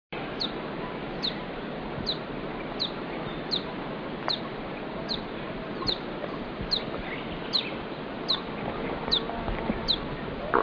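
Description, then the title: Ruby-topaz hummingbird calls: thin, high, sharp downslurred chips repeated at a steady pace over a noisy background hiss. "LuckyPassaro Completos2Sama. Ruby-topaz Hummingbird (Chrysolampis mosquitus)"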